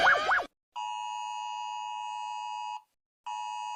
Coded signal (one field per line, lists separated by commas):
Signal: Emergency Alert System (SAME) tones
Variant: 853 and 960 Hz attention tone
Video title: rating EAS alarms! (myself) (help me)